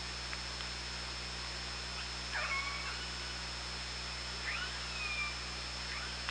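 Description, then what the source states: Orca calls: two pulsed calls with sweeping harmonic tones about two seconds apart, heard over steady underwater hiss and hum. Recorded on the OrcaLab hydrophone on 24 August 2017 at 18:05.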